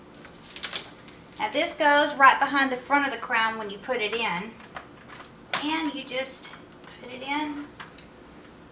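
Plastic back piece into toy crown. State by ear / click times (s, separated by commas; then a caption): seated / 8.0 s. A plastic back piece is fitted behind the front of a toy crown while someone talks. A few light clicks and taps come early on, and the back piece clicks into place at 8.0 s.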